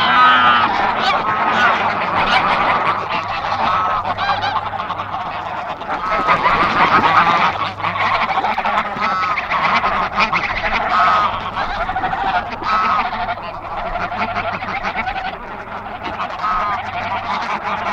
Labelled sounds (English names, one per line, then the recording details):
Greylag Goose call
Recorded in the wild
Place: Trent, Insel Rügen, Mecklenburg-Vorpommern, DE
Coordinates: 54.555, 13.245
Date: 1975-09-03
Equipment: Nagra III BH, Sennheiser MD 21
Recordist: Schubert, Michael